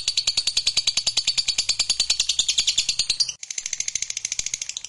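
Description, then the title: Lovebird singing a rapid, strongly pulsed high chatter, each note sharp and buzzy, briefly interrupted before resuming at the same quick pace. Recording meant to make a lazy lovebird start singing eagerly and spontaneously, right away. "LOVEBIRD Malas Bunyi JADI GREGET SPONTAN Langsung NARIK"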